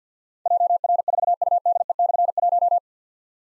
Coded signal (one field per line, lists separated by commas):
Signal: Morse code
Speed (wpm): 52 wpm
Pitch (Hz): 700 Hz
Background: none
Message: JR4UDE/1